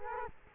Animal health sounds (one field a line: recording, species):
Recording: mosquito wingbeat signal from an infrared sensor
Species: Culex quinquefasciatus